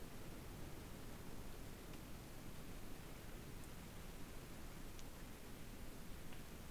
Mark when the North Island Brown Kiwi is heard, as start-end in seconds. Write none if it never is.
none